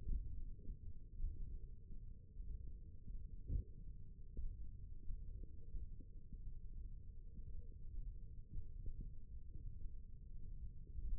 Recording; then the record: forearm muscle sounds (acoustic myography)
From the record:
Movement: thumb flexion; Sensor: system 1, eight BSWA MPA416 microphones around the upper forearm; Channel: 1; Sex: female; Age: 21 years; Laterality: right